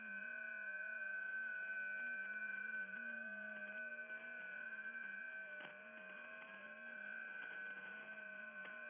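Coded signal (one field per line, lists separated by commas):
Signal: FT8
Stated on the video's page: Real over-the-air FT8 or JS8Call on 40m via an NVIS dipole, live stream, not SDR or simulation.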